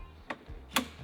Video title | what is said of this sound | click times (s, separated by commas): we're building a CAMPER PLANE (part 1) | Oh, it locks too. Yeah, it locks into place. | 0.3 s, 0.8 s